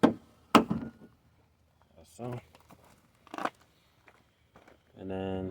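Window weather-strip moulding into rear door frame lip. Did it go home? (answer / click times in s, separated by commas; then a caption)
yes / 0.0 s, 0.5 s. A Toyota rear door window weather-strip moulding, rubber strip facing outward, is pushed down into the rear door frame until it locks behind the lip. Two sharp, loud knocks mark it locking into place at 0.0 and 0.6 seconds, and the moulding is seated. Someone then talks briefly over quieter handling sounds.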